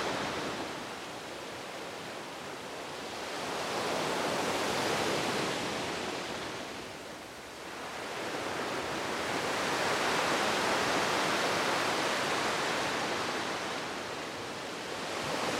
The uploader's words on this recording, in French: Murmure des Vagues : Apaisement au Bord de Mer. Le rythme constant des vagues. Le doux bruissement des vagues.